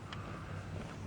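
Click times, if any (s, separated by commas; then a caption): 0.1 s. A hand pushes the lower unit (the foot) of a boat's stern-drive outdrive a couple of millimetres so the shift mechanism engages reverse. A faint hit at 0.1 s marks the shift engaging, over a steady low rumble. The outdrive locks into reverse.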